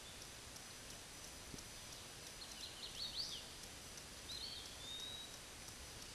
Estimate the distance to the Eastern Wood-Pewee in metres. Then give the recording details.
about 85 m. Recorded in a Pennsylvania forest on 18 May 2023 at 13:41. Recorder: AudioMoth, point grid1_11_low. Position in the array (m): 204 m, 176 m